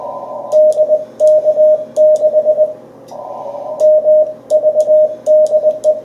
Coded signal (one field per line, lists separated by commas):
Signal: Morse code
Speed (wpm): 20 wpm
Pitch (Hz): 620 Hz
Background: radio noise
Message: DK6MV DE